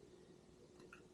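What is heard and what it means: A furry foam windscreen is pushed onto a DJI Mic 2 wireless mic transmitter, meant to cut wind noise, over a low steady hum. A soft, brief click is heard at 0.9 s as the windscreen pops into place and is seated.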